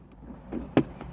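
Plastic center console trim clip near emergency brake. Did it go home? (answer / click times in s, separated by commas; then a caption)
released / 0.8 s. A screwdriver is gently twisted under the plastic center console trim near the emergency brake of a Honda Civic until a trim clip pops loose with a sharp pop at 0.8 s. A faint tick is heard at 0.1 s, and a fainter one follows at 1.0 s. The clip is released.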